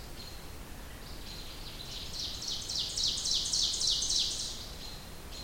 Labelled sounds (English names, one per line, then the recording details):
Ovenbird song
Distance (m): 40 m
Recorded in boreal forest in Alberta, Canada, on 27 June 2016 at 08:10
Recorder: SongMeter 3, array SBT-6-79
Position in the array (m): 207 m, 27 m
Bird 39